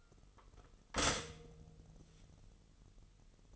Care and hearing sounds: daily activity, microphone in the room; stop toaster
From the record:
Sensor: 4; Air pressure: 989.4 hPa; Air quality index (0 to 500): 215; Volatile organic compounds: 66 ppm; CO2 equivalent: 3480 ppm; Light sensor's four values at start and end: 24/84/31/33 and 24/85/31/33

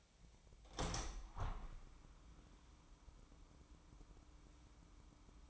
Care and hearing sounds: daily activity, microphone in the room; open window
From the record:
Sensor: 1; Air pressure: 998.0 hPa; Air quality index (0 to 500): 123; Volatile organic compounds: 3 ppm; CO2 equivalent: 1464 ppm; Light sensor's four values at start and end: 17/56/23/23 and 17/56/23/23

